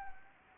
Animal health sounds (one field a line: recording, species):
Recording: mosquito wingbeat signal from an infrared sensor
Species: Anopheles arabiensis